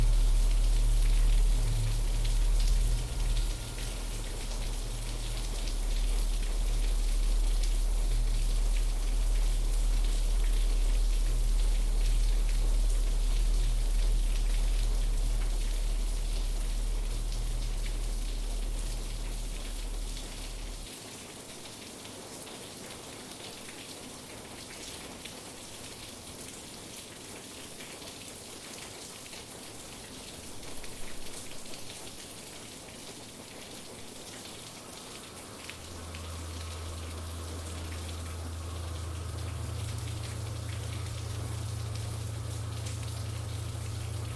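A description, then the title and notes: Slowly shifting drones sit over a steady hiss of rain. A deep, layered low hum fills the first twenty seconds, then drops away, leaving the rain alone until a new low tone swells in around thirty-six seconds and holds to the end. The added drones explore a range of frequencies.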